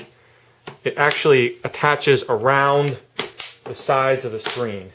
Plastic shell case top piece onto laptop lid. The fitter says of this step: You can hear that clicking into place.